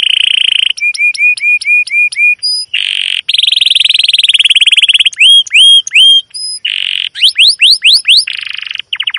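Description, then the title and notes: Domestic canary song: mixed phrases of buzzy rolls, short repeated chirps, flat high whistles and rising sweeps, changing every second or two, very loud and continuous. Long continuous chirping (cuit cuit, ngerol) used as a lure and master song to train young canaries to learn sounds. "CUIT CUIT NGEROL LANGSUNG GACOR PANJANG Kenari Ini AMPUH Utk Pancingan KENAR. PANCINGAN Kenari GACOR PANJANG Cuit CUIT EMOSI ini AMPUH utk MASTERAN Kenari PAUD belajar BUNYI. burung kenari"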